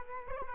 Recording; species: mosquito wingbeat signal from an infrared sensor; Culex quinquefasciatus